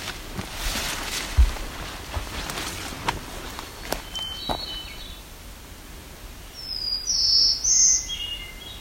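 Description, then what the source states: Black-throated Blue Warbler singing a high, buzzy phrase late on, after footsteps and rustling. Singing on the Niagara Escarpment overlooking Barrow Bay.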